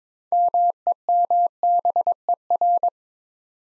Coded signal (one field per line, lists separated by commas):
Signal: Morse code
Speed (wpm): 22 wpm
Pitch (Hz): 700 Hz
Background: none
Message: MEMBER